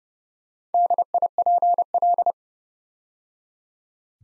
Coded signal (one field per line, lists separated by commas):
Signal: Morse code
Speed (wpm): 29 wpm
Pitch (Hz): 700 Hz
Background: none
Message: DIPL